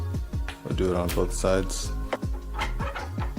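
A folding handlebar spring tab is being handled at the handlebar stem of a Caroma E68Pro scooter, as the same push-to-click tab is fitted on the other side of the handlebar. Someone talks over music, with brief sharp sounds at about 0.5 and 2.1 seconds. The clip ends before the part goes home, so nothing has seated or clicked yet.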